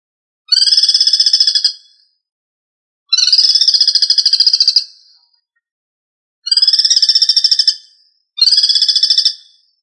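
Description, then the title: Bird song of four long, buzzy, trilled phrases, each one to two seconds long, made of rapid pulsed notes and separated by silent gaps. "LuckyPassaro Completos2Sama"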